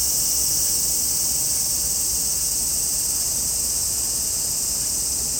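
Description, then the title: Hime-harusemi cicadas giving a constant thin high buzz, held steadily throughout. Sacred forest of Nō Hakusan Shrine, northernmost habitat on the Sea of Japan side, possibly near season's end; recorded with an MKH8020 microphone; cicadas singing fairly well. "能生白山神社のヒメハルゼミ"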